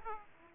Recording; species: mosquito wingbeat signal from an infrared sensor; Aedes aegypti